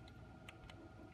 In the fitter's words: there's the click I was telling you about